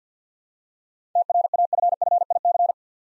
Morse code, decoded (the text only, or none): TRAFFIC